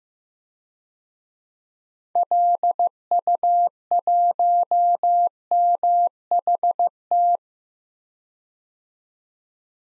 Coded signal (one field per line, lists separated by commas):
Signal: Morse code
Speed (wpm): 15 wpm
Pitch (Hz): 700 Hz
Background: none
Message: LU1MHT